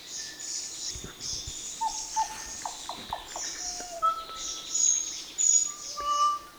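Kōkako: mellow held notes and short clipped notes, partly masked by a loud high chorus of insects or other birds.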